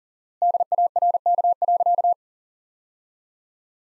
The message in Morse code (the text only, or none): DARK.